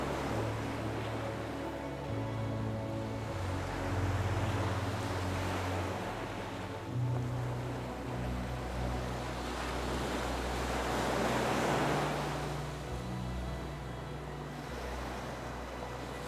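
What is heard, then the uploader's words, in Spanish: Soft, slow music blends with the steady wash of ocean waves. Low sustained tones shift every couple of seconds beneath a continuous surf hiss that swells and recedes, rising most around the middle and near twelve seconds. The level stays even throughout. Las melodías suaves se mezclan con los sonidos tranquilizadores de las olas.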